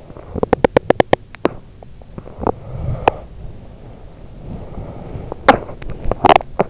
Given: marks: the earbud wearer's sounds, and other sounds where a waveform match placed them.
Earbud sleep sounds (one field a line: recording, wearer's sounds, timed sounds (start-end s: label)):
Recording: sounds in sleep by an in-ear microphone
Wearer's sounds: teeth grinding, breath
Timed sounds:
0.14-1.59 s: teeth grinding
1.78-3.26 s: teeth grinding
3.50-5.31 s: breath
5.33-6.70 s: teeth grinding